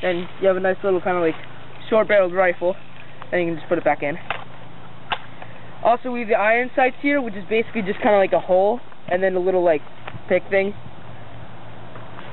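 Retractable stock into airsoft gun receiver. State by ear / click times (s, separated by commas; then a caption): seated / 5.1 s. Someone talks while the retractable wire stock of an ICS M3 grease gun airsoft replica is pushed back into the gun's receiver. A sharp click at 5.1 s marks the stock locking into place, followed by a fainter tick at 5.4 s before the talking continues.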